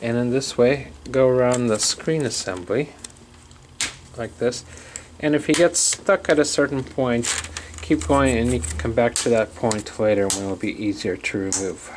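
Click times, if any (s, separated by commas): 3.8 s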